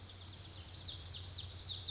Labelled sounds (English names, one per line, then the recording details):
Lazuli Bunting
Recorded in Sonoma County, California